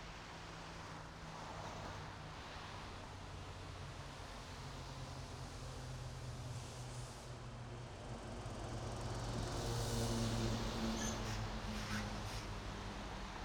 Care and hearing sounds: everyday scene through a hearing-aid microphone; in traffic; traffic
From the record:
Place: main road on the outskirts, rush hour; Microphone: in the ear canal, right

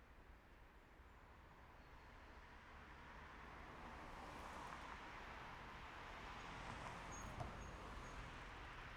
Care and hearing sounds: everyday scene through a hearing-aid microphone; in traffic; traffic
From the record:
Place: main road on the outskirts, rush hour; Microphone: behind the ear, right, front

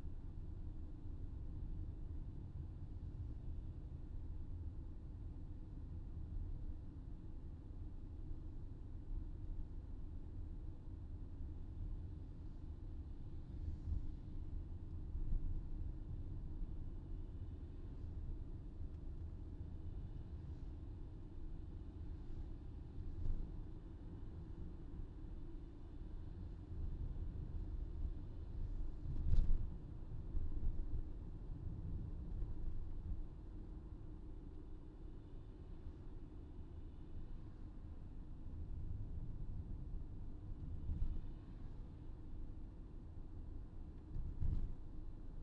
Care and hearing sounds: everyday scene through a hearing-aid microphone; in a vehicle; engine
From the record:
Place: VW T5 Caravelle, diesel engine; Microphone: in the ear canal, left

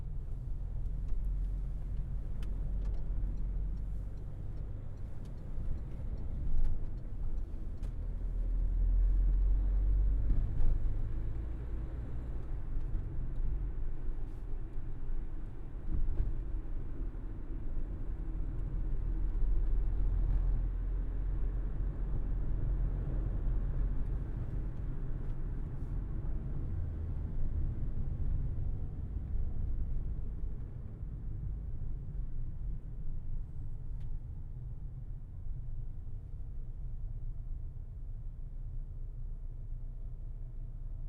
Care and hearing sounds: everyday scene through a hearing-aid microphone; in a vehicle; engine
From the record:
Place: Berlingo II, diesel engine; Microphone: behind the ear, right, rear

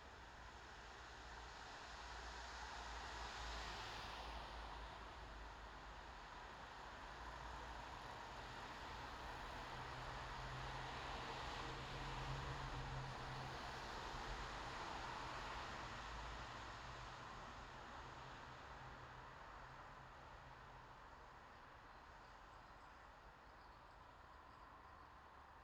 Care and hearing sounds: everyday scene through a hearing-aid microphone; in traffic; traffic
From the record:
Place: bus stop on a city main road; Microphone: in the ear canal, left

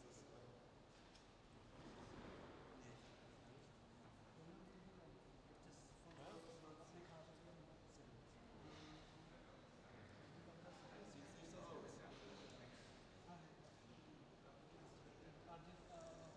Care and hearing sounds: everyday scene through a hearing-aid microphone; reverberant space; background noise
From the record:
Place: railway station hall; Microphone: in the ear canal, left

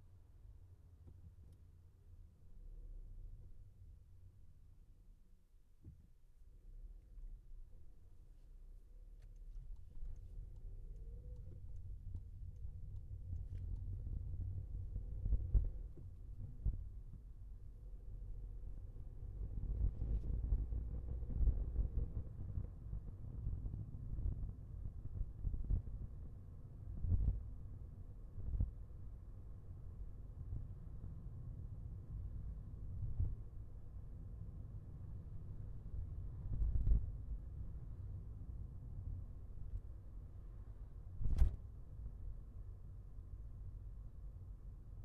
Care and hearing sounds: everyday scene through a hearing-aid microphone; in a vehicle; engine, highway traffic jam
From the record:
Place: Skoda Fabia, gasoline engine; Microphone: behind the ear, left, front

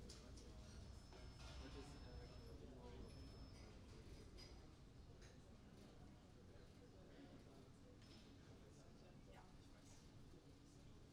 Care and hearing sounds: everyday scene through a hearing-aid microphone; many people talking; many voices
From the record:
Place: university cafeteria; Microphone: in the ear canal, right

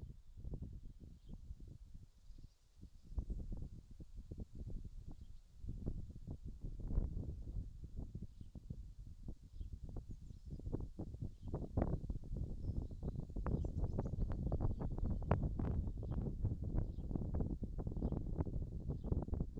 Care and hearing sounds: everyday scene through a hearing-aid microphone; wind on the microphone; wind, birds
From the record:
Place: in front of a rural house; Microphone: in the ear canal, left

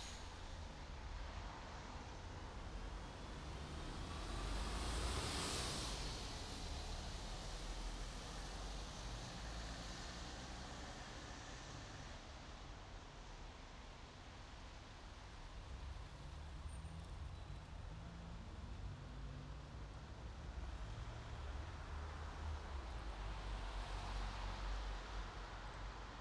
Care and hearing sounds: everyday scene through a hearing-aid microphone; in traffic; traffic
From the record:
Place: bus stop on a city main road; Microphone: in the ear canal, right

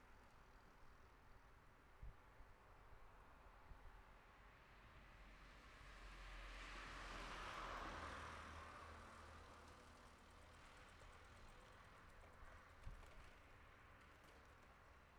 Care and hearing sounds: everyday scene through a hearing-aid microphone; in traffic; traffic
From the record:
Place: city secondary road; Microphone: behind the ear, left, rear

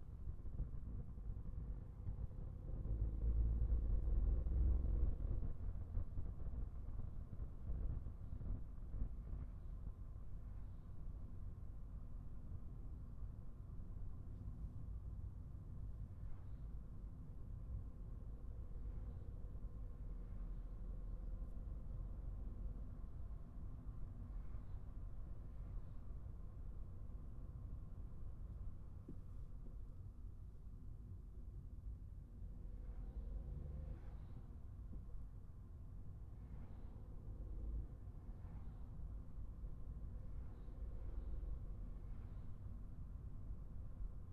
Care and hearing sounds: everyday scene through a hearing-aid microphone; in a vehicle; engine, traffic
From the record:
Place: Skoda Fabia, gasoline engine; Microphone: behind the ear, right, front

